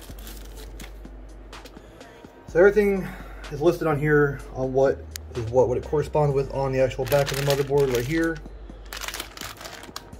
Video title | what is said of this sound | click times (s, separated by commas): Full PC Build Part 1 of 2 #gaming #nvidia #teamwork | just pops right in it's super simple | 10.0 s